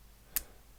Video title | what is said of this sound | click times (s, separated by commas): Warhammer Stormbringer Issue 2 Orruk Gutrippaz | there we go that's just snapped into place so that's piece one two and | 0.4 s